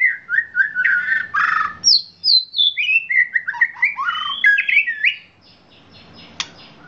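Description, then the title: Oriental magpie-robin delivering a rich sequence of sweet whistles stepping downward, followed by softer quick notes fading near the end. "Kicau Kacer"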